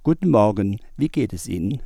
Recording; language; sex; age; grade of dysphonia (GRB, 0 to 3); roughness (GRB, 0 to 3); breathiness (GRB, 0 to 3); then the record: spoken sentence; German; male; 60 to 69 years; 0; 0; 0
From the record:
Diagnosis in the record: functional dysphonia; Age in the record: 62 years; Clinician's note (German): Ponogene funktionelle Dysphonie, gut austherapierte kompensierte Dysphonie